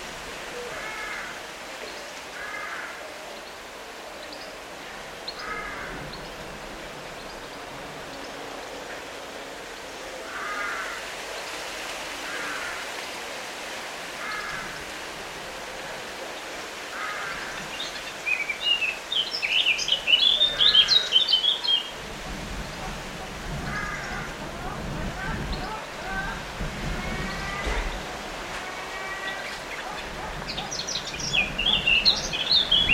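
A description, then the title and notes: Late afternoon in a backyard: a steady outdoor hush with faint voices or calls repeating every few seconds. Bright bird chirps break in around twenty seconds and again near the end, while a low rumble rises in the second half. Field Recording - My Backyard - late afternoon.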